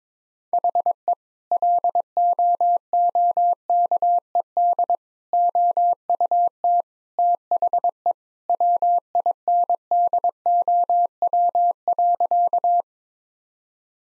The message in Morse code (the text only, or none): HE LOOKED OUT THE WINDOW.